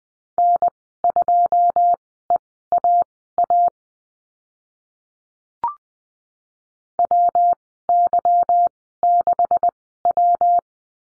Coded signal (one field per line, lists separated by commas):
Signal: Morse code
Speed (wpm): 20 wpm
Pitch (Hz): 700 Hz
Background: none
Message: N2EAA WY6W